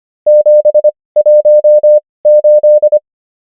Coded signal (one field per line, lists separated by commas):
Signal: Morse code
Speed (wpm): 25 wpm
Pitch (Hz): 600 Hz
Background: none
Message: 718